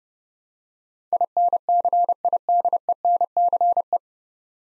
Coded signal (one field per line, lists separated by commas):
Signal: Morse code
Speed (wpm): 30 wpm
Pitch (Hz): 700 Hz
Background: none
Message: INCIDENCE